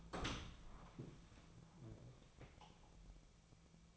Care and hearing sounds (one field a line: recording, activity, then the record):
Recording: daily activity, microphone in the room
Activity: open door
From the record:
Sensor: 1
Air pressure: 1000.5 hPa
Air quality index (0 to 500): 185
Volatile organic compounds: 4 ppm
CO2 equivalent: 1703 ppm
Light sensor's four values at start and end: 11/27/11/13 and 11/28/11/13